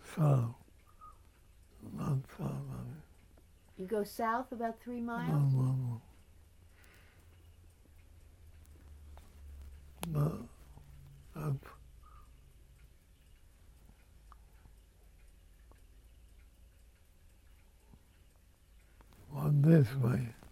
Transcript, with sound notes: South.
You'd go south about three miles? [long pause]
On this way